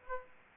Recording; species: mosquito wingbeat signal from an infrared sensor; Aedes aegypti